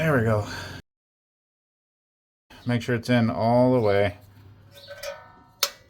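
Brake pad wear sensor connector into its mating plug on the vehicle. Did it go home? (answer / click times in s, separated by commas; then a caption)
yes / 5.6 s. Someone talks while a plastic brake pad wear sensor connector on a Chevy Suburban is pushed fully home into its mating plug on the vehicle. After some faint handling noise, a sharp snap is heard at 5.6 seconds, confirming the connector is seated.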